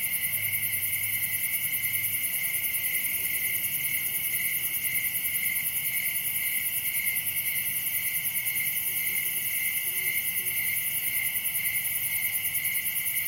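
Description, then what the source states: Constant cricket chirping in a shrill pulsing chorus, several pitches layered, with a soft low hum early on. Crickets, recorded at night in summer in a wooded area of Dell Creek State Wildlife Area.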